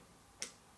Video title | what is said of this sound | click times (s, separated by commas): Colt Cobra-Snake Revolvers-How To Buy A Revolver WeaponsEducation | and you hear a click and it's locked | 0.4 s